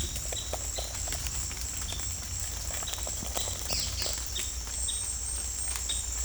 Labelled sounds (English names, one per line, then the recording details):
none
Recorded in secondary vegetation near Puerto Asís, Putumayo, Colombia, on 16 December 2024 at 17:30
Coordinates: 0.481, -76.318
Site G042